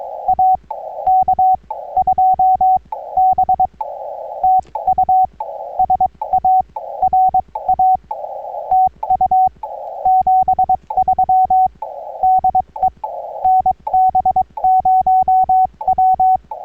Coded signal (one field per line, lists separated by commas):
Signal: Morse code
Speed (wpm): 22 wpm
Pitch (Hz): 750 Hz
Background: none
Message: AK2B TU SA RA TU 73 DE NB0W